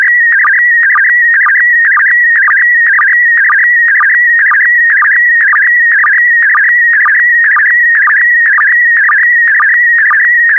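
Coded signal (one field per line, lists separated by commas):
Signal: SSTV (slow-scan television)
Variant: PD120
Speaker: Five, four, three, two, one. Transmission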